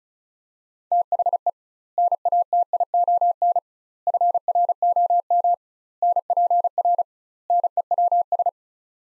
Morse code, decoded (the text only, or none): THE NATION FROM NPR NEWS